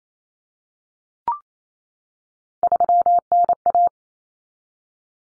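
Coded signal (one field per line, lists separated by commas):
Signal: Morse code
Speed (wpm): 28 wpm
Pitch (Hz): 700 Hz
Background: none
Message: 3NA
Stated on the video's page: Head-copy drill of three-digit numbers in cut numbers (T, A, N for 0, 1, 9) at 28 wpm, each sent, spoken, then sent again.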